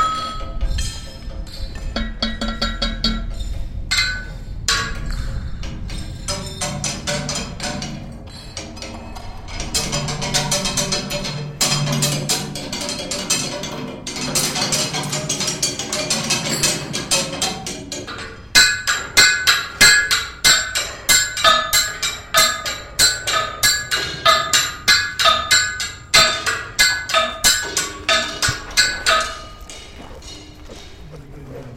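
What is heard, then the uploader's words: Metal rods struck and scraped against cement dividers ring with bright, clattering tones, growing into rapid rhythmic strikes after eighteen seconds, then fading. Belle Isle Hydroelectric Transformer Building. Making sound with metal rods on vertical cement dividers inside a hydroelectric transformer building on Belle Isle, Richmond, VA.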